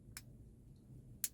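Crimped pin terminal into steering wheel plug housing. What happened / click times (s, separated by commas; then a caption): Two crimped pins clicked into the connector housing / 0.2 s, 1.2 s. Two crimped female pins on 18 gauge wires are pushed into pins seven and nine of a plastic steering wheel plug housing during a BMW 1 Series (E8x/E9x) heated steering wheel retrofit. Two sharp clicks are heard at 0.2 s and 1.2 s over a low background hum, the second louder. Both pins seat in the housing.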